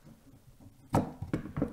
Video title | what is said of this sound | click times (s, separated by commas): Lian Li TU150 Mini-ITX Step-by-Step PC Build Guide | we're happy with things just a power we've got a firm pressure and again it pushes down and locks into place | 0.9 s